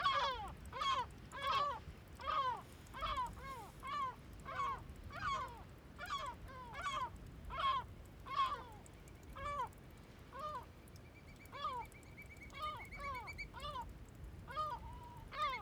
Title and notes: Ballet de mouettes, calmes, 3HWW+78 Bøur, Îles Féroé. Ballet de mouettes en vol Féroé. sonore très calme avec ballet de mouettes calmes, et petit ruissellement à proximité